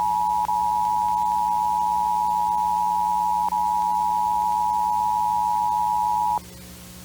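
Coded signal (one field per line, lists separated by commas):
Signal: Emergency Alert System (SAME) tones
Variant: 853 and 960 Hz attention tone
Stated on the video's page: Alert shown on an old TV, set in 2007.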